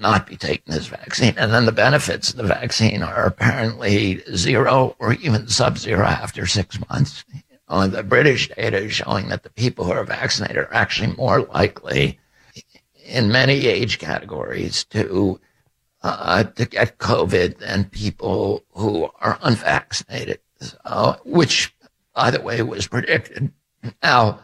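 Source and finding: Adult male speaker. Spasmodic dysphonia.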